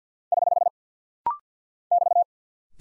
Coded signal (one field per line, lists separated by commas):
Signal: Morse code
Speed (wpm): 50 wpm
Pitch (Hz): 700 Hz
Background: none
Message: <HH> <BT>